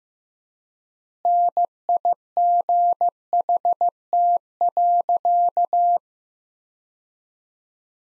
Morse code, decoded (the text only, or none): NIGHT.